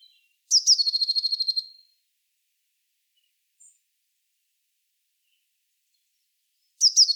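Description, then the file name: Eurasian blue tit giving a scolding call: a high thin note then a fast buzzy churr lasting about a second, with a second churr starting as the recording ends. "Cyanistes caeruleus"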